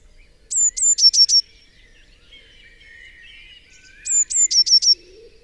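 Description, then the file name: Eurasian blue tit giving two high, sharp song phrases of clipped descending notes about three and a half seconds apart, over soft background birdsong. "Cyanistes caeruleus"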